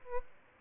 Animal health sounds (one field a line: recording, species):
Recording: mosquito wingbeat signal from an infrared sensor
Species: Aedes albopictus